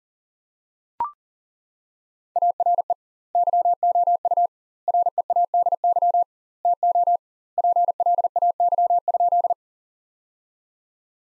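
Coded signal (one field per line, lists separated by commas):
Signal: Morse code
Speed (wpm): 37 wpm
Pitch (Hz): 700 Hz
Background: none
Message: ARE YOU READY TO PLAY?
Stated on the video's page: Morse practice sentences from the top 400 words at 40 wpm with twice the standard word spacing, a Farnsworth-like method applied to words.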